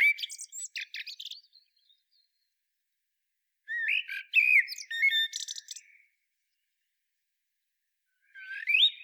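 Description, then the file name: Eurasian blackbird song made of several mellow phrases with squeaky, chattering high endings, spaced a few seconds apart. "Turdus merula"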